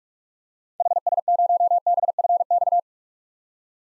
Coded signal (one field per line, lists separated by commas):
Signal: Morse code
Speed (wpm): 41 wpm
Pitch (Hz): 700 Hz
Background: none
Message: HS0BFX